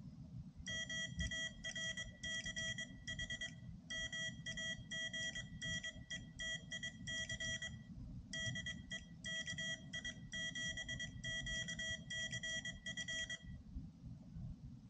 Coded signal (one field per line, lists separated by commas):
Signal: Morse code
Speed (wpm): 23 wpm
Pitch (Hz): 1950 Hz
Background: none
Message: MARCH MAGNETIC DE KI7QCF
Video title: My Key Collection